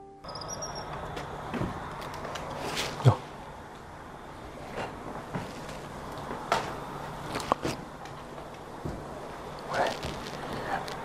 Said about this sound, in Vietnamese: Đóng cửa lại. Chúng ta bước vào phòng khách nha.